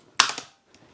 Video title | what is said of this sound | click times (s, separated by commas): Shark AZ950UK Powered Lift Away Anti Hair Wrap Vacuum Cleaner First Look | click that secure | 0.2 s